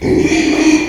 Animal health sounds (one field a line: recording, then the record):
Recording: squeal of a Yucatan mini pig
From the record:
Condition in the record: after surgery on the right vocal fold (resection and tissue-engineered implant)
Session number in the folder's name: 2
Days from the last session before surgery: 13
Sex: male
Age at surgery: 12 weeks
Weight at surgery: 13 kg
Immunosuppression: cyclosporine, prednisolone